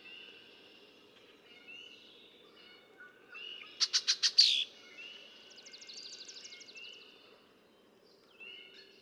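Red-winged blackbird song: a quick run of stuttering notes leading into a harsh buzz, followed by a softer rattling trill, over overlapping whistles from other birds.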